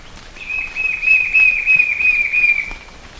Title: LuckyPassaro Completos2Sama. White-shouldered Fire-eye (Pyriglena leucoptera)